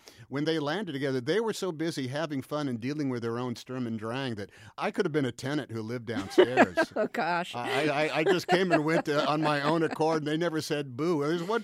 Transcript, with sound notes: But when they landed together, they were so busy having fun and dealing with their own Sturm und Drang that I could have been a tenant who lived downstairs.
(Laughter) Oh, gosh.
I just came and went on my own accord, and they never said boo.